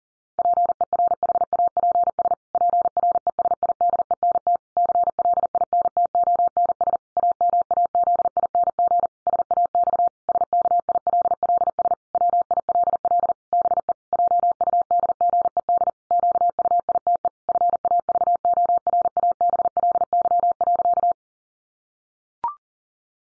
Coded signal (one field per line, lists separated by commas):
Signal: Morse code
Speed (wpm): 40 wpm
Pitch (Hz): 700 Hz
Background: none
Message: PERHAPS PRESIDENT CLINTONS AMAZING SAX SKILLS WILL BE JUDGED QUITE FAVORABLY.